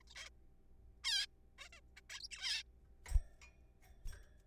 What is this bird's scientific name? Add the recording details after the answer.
Taeniopygia guttata. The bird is a juvenile. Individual R3428